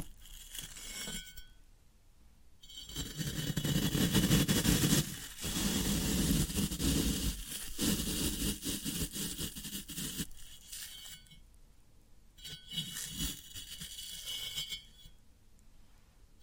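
Floral foam being scraped and crumbled, with a loud dense stretch of crunching from about three to ten seconds between quieter scratchy moments.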